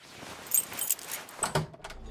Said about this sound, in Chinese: 一开门，蓝河就难受地关上了。